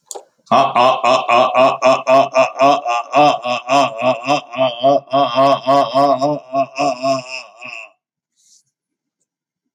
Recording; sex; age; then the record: vowel held as long as possible; male; 60 to 69 years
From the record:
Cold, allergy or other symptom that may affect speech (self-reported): no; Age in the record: 64 years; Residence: California, United States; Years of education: 18